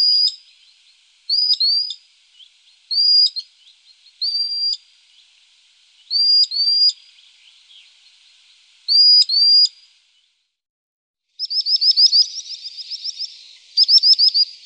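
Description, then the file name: Common sandpiper giving spaced, high piping calls, then a rapid, shrill trill near the end. "Drillsnappa"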